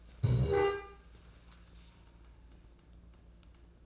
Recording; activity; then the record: daily activity, microphone in the room; stand up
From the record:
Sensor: 2